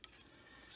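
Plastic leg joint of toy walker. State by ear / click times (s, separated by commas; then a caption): seated / 0.0 s. A ratcheting plastic leg joint on a toy walker is moved and snaps into a locked position with one sharp click at 0.0 s. The joint locks in and feels solid.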